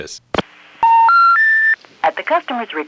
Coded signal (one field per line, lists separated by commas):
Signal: telephone call progress tone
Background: speech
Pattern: special information tone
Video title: Maryland Phone Trips pgm. 2: More Annapolis & brief #1 Crossbar in Baltimore, Fall 1974